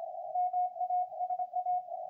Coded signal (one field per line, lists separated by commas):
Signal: Morse code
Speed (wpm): 23 wpm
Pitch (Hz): 730 Hz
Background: radio noise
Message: MASA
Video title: アマチュア無線 CW（電信）QSOとっても楽しいよ！ 実際に交信して見た！